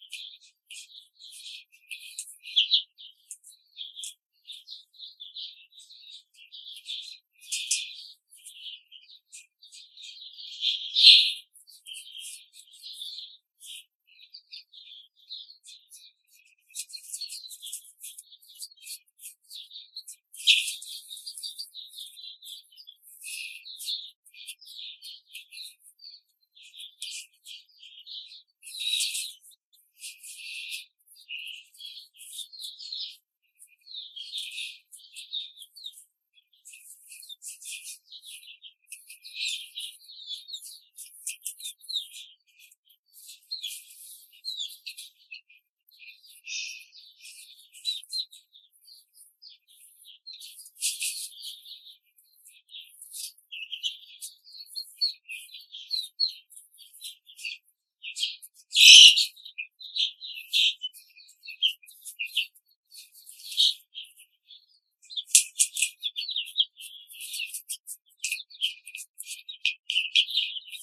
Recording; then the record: young laying hens in a cage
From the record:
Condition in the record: control cage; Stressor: none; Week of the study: 5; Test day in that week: 1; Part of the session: 1